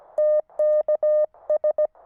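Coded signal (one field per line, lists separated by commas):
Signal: Morse code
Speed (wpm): 16 wpm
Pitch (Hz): 610 Hz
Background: none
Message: TKS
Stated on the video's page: QRP portable station using a Weber MTR with 4S tuner and QRPGuys tri-band vertical antenna, operated while camping.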